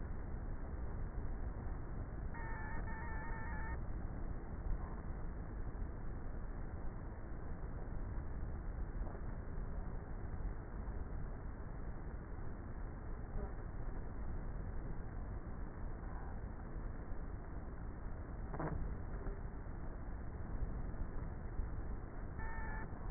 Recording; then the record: honeybee colony, microphone inside the hive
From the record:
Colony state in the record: queenless with a low population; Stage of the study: before two queens were removed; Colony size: about 30,000 bees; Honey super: no